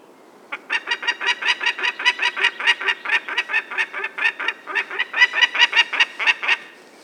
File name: vandorsolyom hangja